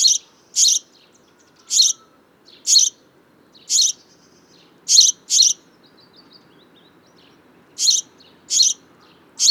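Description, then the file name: House sparrow giving short, sharp high chirps, single or in quick pairs at irregular intervals. "Passer domesticus"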